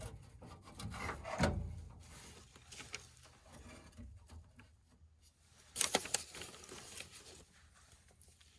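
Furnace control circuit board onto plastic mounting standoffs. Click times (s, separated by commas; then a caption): 5.8 s, 6.0 s, 6.1 s. A replacement control board for a Lennox furnace, part of an 80v to 120v board conversion, is rubbed and scraped into position and pressed onto its plastic mounting standoffs. A quick cluster of sharp snaps sounds at 5.8, 6.0 and 6.1 seconds as the board pops into place and seats on the standoffs.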